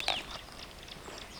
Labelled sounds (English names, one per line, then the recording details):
Superb Starling flight call
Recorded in Kenya